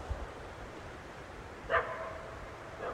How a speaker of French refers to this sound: Mais là, par exemple, c'est bien un chien qu'on entend.